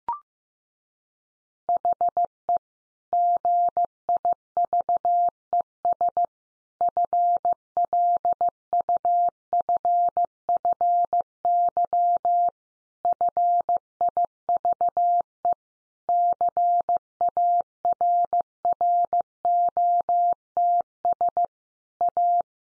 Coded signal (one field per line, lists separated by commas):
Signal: Morse code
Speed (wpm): 14 wpm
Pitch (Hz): 700 Hz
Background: none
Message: HE GIVES FLUFFY FIVE CARROTS A